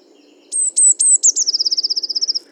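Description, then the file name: Eurasian blue tit singing four high, slurred lead-in notes followed by a rapid, slightly descending trill of bright repeated notes, with a faint low hum underneath. "Cyanistes caeruleus 311018"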